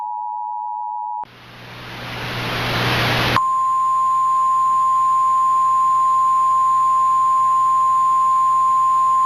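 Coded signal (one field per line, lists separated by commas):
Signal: Emergency Alert System (SAME) tones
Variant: 853 and 960 Hz attention tone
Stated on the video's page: Mock tornado emergency alert for Peoria, not a real broadcast.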